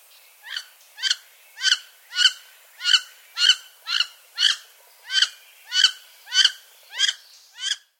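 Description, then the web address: Wood duck calling a series of about thirteen squealed notes with rich harmonics, evenly spaced roughly every half second. "Zoo Field Guide"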